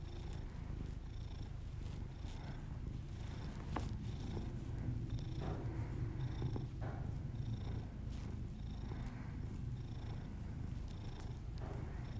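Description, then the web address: Domestic cat purr, a continuous deep vibrating drone, overlaid by soft breathing sounds. Domestic cat purring, with a person's heavy breathing. "Miss Because. Just Purrs [ASMR][Literally just my cat purring and my heavy breathing]"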